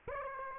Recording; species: mosquito wingbeat signal from an infrared sensor; Aedes aegypti